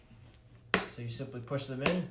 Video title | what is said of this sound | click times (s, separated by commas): Chick Brooder - H: 9.5" - 5 Layer (Assembly Instructions - Hatching Time) Cimuka | put about an angle and then they'll snap right in so | 0.7 s